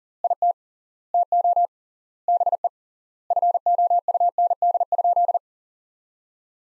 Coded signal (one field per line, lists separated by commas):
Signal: Morse code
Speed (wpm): 40 wpm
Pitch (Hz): 700 Hz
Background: none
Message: IT TO BE FOUND?